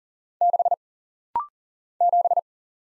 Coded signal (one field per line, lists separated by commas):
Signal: Morse code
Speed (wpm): 40 wpm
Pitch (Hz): 700 Hz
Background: none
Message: 6 7